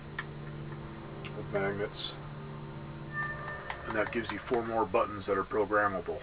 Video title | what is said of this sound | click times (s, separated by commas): Xbox One S pickups | just snap in place | 0.2 s